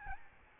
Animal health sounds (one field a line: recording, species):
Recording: mosquito wingbeat signal from an infrared sensor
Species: Aedes albopictus